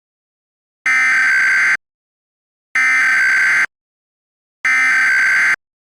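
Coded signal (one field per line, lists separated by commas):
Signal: Emergency Alert System (SAME) tones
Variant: header bursts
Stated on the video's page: Fake simulated EAS scenario, not a real alert.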